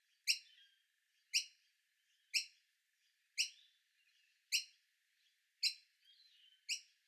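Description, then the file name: Noisy miner chick giving loud, bright begging chirps roughly once a second, each note sharp and high, with quiet twittering in some gaps. Chick begging to be fed. "Noisy Miner Chick Feedme"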